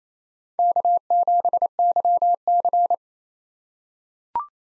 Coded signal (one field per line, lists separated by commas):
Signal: Morse code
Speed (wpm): 28 wpm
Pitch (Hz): 700 Hz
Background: none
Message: K7YC